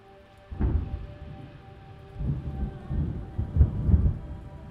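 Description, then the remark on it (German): Deep thunder rumbles roll in several waves over a steady hiss of rain, swelling and fading without any voices. “Hier ist es nicht mehr gefährlich, wenn das Gewitter kommt.”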